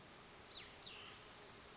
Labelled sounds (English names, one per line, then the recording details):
Cassin's Vireo
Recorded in Sonoma County, California